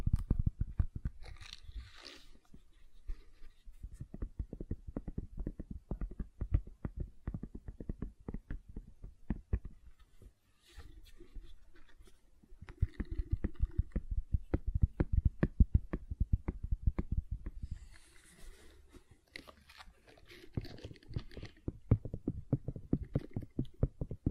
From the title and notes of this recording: ASMR Gentle Silicon Sounds for Sleep (No Talking).